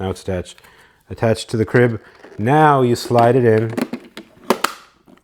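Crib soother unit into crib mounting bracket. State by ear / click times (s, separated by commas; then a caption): seated / 4.5 s, 4.6 s. A Baby Einstein Sea Dreams Soother, a plastic crib soother unit, is slid onto its crib-mounted bracket while someone talks. Two sharp clicks at 4.5 and 4.6 seconds mark it latching, and the unit is seated and locked onto the mount.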